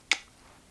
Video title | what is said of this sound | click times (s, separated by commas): A THRIFT HAUL, UNBOXING, LIFE LATELY + VLOG - ANDREA CLARE | i think even a little click sounds nice | 0.1 s